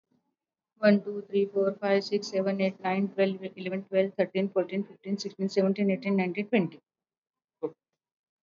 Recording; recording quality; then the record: counting at a normal pace; excellent, no background noise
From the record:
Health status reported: exposed to COVID-19, no respiratory illness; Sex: female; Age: 57 years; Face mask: not worn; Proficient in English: yes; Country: India